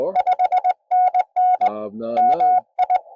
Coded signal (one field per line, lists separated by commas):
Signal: Morse code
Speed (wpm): 20 wpm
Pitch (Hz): 690 Hz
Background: none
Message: 5NN MI